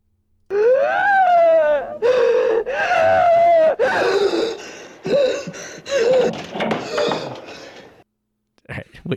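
Long, high-pitched wavering screams and wails give way to short, choppy gasping breaths in a small room. This is an acted asthma attack from the film Black Christmas, in which the asthmatic character Barb screams and hyperventilates in panic, sounding as if she could be being choked.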